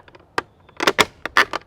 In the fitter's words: All you need to do is line it up so that it sits flat, and you're going to give it a firm push till it snaps in.